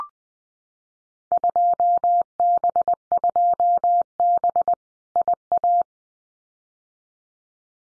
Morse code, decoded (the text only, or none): 2B2B IA